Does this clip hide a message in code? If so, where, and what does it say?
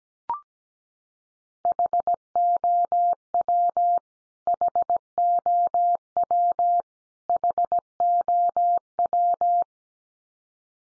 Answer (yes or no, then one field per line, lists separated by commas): yes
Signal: Morse code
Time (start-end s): 1.6-9.6 s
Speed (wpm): 17 wpm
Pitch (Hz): 700 Hz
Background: none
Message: HOW HOW HOW